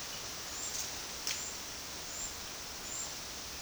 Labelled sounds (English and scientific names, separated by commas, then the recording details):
none
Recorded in secondary vegetation near Puerto Asís, Putumayo, Colombia, on 21 February 2024 at 13:00
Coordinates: 0.472, -76.331
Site G6371